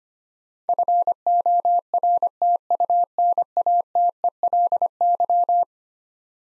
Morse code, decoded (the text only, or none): FORTUNATELY